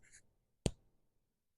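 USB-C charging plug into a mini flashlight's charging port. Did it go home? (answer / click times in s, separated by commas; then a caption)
yes / 0.7 s. A USB-C charging plug is pushed into the charging port of a Wuben G1 pinky-sized mini keychain flashlight, and it seats with a sharp, bright click at 0.7 s. Before it, soft scratchy handling noise is heard, and only faint rustling follows.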